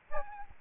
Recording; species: mosquito wingbeat signal from an infrared sensor; Aedes albopictus